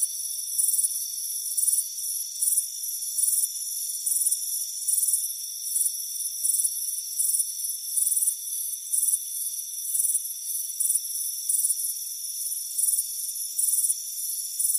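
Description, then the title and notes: Crickets giving short, shrill pulsed chirp bursts at an uneven pace, over a continuous thin buzzing drone. Warm afternoon on a front porch; crickets chirping. "Soothing Crickets Chirping Sound. It's a warm afternoon as you relax in a hammock on the front porch. Relax and fall asleep to the soothing sound of chirping crickets. Deep Sleep Sounds"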